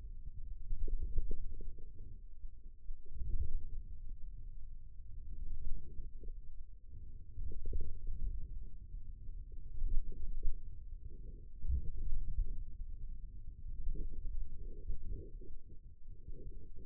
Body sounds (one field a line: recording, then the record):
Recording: forearm muscle sounds (acoustic myography)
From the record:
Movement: ulnar deviation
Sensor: system 2, bracelet of six BSWA MPA416 microphones around the upper forearm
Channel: 3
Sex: male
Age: 22 years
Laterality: right